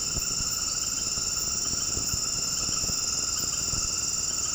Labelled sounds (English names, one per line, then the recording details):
none
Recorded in dense forest near Puerto Asís, Putumayo, Colombia, on 18 February 2024 at 20:30
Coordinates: 0.486, -76.316
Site G6437